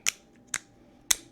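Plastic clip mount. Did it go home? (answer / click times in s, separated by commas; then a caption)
yes / 0.5 s, 1.1 s. A DJI Osmo 5 Pro action camera is pushed into its two-clip quick-release mount, a plastic and magnetic clamp released by pressing the side clips. Three sharp, bright clicks sound over a quiet background, the first at 0.1 s and the clips snapping closed at 0.5 s and 1.1 s, the last being the loudest. The camera is seated in the mount.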